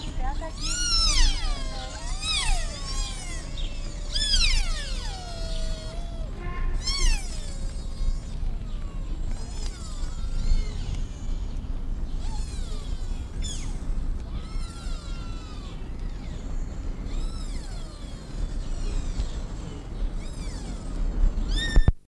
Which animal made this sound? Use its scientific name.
Cervus nippon